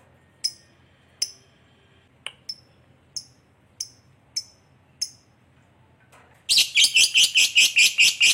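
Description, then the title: Lovebird calls: several single sharp high chips, then a sudden loud run of rapid buzzy chattering. Lovebird said to be very clever at 'memancing', baiting other birds into calling. "Dari Gayanya Lovebird Ini Terlihat Pintar Sekali Memancing"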